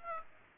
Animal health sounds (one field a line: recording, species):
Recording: mosquito wingbeat signal from an infrared sensor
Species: Aedes aegypti